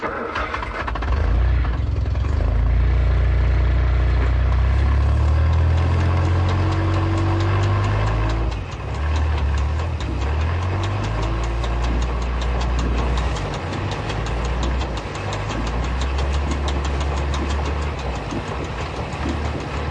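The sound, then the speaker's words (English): A loud engine runs and idles with a deep, throbbing rumble, its low drone wavering in pitch and dipping briefly before settling back into a steady chug. No voices are heard. “The first sound of a problem, you shut down the engine, tighten the bag and...”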